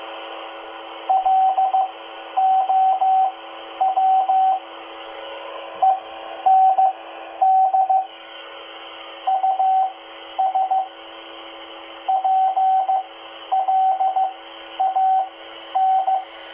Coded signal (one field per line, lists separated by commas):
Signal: Morse code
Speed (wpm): 15 wpm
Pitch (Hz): 760 Hz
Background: radio noise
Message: LOW END US PLAN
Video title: Listening to 2 meter band repeater W2YRC @ 146.825 MHz Baofeng UV-5R and Explorer QRZ-1 audio tests